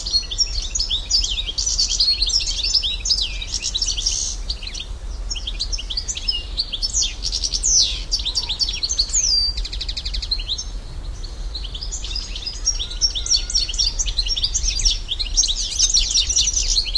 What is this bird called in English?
European Goldfinch